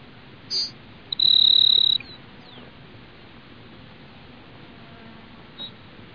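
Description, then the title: Grassland Sparrow sings a high introductory note and a sustained thin buzz, then silence and one faint high note near the end. "LuckyPassaro Completos2Sama. Grassland Sparrow (Ammodramus humeralis)"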